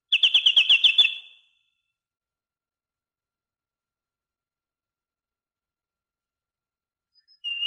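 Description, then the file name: Great tit giving a fast, rattling series of notes lasting about a second, then a long silence and a brief high note at the end. Songbird training recording (masteran) used for teaching caged birds. "suara masteran great tit"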